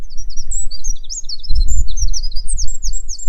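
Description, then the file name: Eurasian wren giving a rapid run of very high, sharp notes tumbling up and down, over a loud low rumble of wind or handling noise. "Troglodytes troglodytes"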